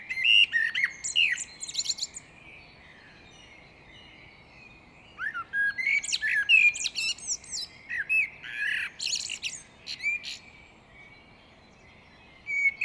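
Great tit calls: bursts of sharp chirps and buzzy scolding notes, a quiet gap of about three seconds, then more chattering phrases with short whistled slurs.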